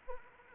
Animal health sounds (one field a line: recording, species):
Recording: mosquito wingbeat signal from an infrared sensor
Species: Anopheles arabiensis